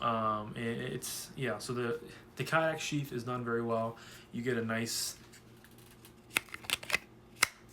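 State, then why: Seated. Someone talks, and then a CJRB Silax fixed-blade knife is handled against its Kydex sheath with a few quick clicks and scrapes. A sharp click at 7.4 s marks the knife snapping into the sheath's retention and seating firmly.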